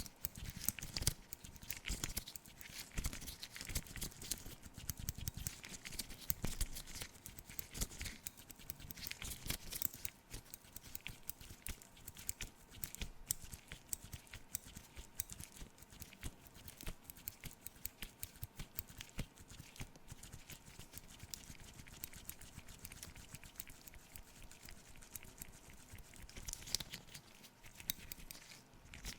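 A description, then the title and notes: Cleaning the camera or face up close for ASMR: dense, continuous rustling, tapping and brushing sounds run through the whole stretch, crisp and bright with frequent sharp clicks. A faint steady hum sits underneath, and the activity eases briefly near the end. ASMR FACE CLEANING, ASMR ROLE PLAY CLEANING CAMERA, NO TALKING.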